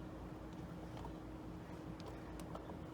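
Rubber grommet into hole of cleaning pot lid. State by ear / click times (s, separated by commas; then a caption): not seated / none. A rubber grommet is being worked into a hole in the lid of a homemade airbrush cleaning pot, before it is twisted to pop in. A steady low hum runs throughout, with a few faint, brief rubbing and ticking sounds near 1.0, 2.0, 2.4 and 2.6 seconds. The grommet has not seated or popped in yet.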